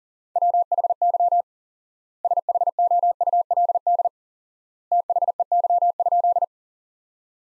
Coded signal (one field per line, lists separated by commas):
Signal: Morse code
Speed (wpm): 37 wpm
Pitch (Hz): 700 Hz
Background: none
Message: WHY SHOULD THEY?